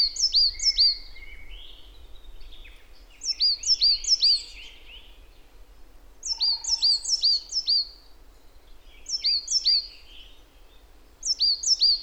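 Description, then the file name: Marsh tit call series: repeated bursts of a few sharp, descending high chirps separated by short pauses, with soft background noise. "Poecile palustris"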